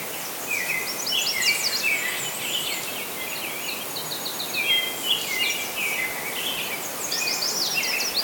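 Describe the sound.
Bird song from several birds, busy high chirping and trilled phrases in quick overlapping runs, with a constant hissing background.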